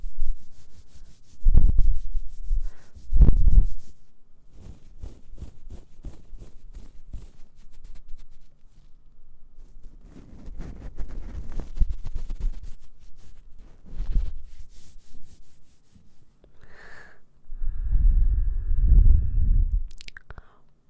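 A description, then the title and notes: Soft ASMR mouth sounds and ear-cleaning rubs, with thumping low bursts near two, three and nineteen seconds between quieter clicky scratching stretches. ASMR Mouth Sounds Ear Cleaning.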